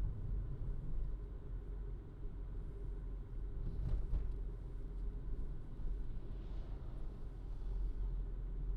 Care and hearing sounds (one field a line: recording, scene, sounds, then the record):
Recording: everyday scene through a hearing-aid microphone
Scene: in a vehicle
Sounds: engine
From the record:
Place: Berlingo II, diesel engine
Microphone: in the ear canal, left